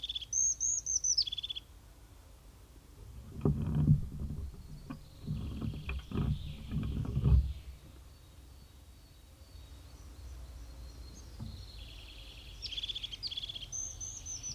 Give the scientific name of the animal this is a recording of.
Lophophanes cristatus